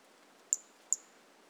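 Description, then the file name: Brachycephalus mirissimus giving two brief, piercing high notes about half a second apart, each trailing off quickly, against soft steady hiss. Individual 03 recorded on 18 January 2018, not collected; the first two notes of the call are missing. "Brachycephalus mirissimus 18 jan 2018 individual 03 two initial notes missing"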